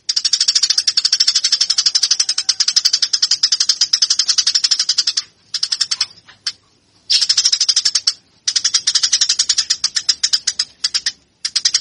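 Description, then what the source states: Eurasian tree sparrow chattering in long, fast runs of high chirps, nearly continuous, broken by a few brief pauses. Fighting calls prepared as a bird-training recording.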